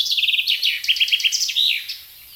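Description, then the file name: Common chaffinch song, cut off at its start: runs of sharp repeated notes dropping in pitch lead into a slurred closing flourish. "Fringilla coelebs"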